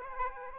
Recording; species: mosquito wingbeat signal from an infrared sensor; Aedes aegypti